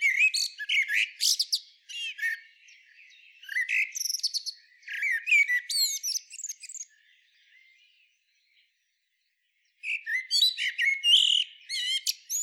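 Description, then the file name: Common blackbird vocalizing: bursts of high, scratchy twittering notes mixed with short clear whistles, in short phrases, with a silent gap of a few seconds before the last burst. "Turdus merula"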